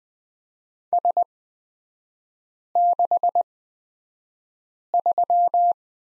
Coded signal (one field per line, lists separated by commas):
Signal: Morse code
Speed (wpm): 20 wpm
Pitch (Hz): 700 Hz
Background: none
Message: S63